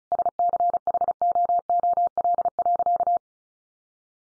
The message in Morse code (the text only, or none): SCHOOL.